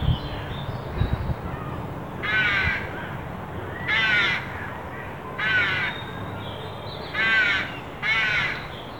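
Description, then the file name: Carrion crow uttering five hoarse caws at irregular intervals, after a few low thumps at the start; steady background noise throughout. "Corvus corone"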